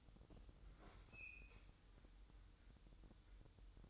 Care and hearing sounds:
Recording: daily activity, microphone in the room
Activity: open fridge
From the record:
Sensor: 3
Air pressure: 988.4 hPa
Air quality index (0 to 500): 191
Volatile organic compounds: 267 ppm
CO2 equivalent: 4405 ppm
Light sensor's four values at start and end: 24/75/31/27 and 24/74/31/27

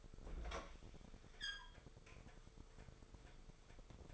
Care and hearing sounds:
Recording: daily activity, microphone in the room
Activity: open fridge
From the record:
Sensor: 5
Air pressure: 1015.0 hPa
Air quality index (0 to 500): 187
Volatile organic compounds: 8 ppm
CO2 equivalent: 2059 ppm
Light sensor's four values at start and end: 73/167/72/79 and 72/168/72/78

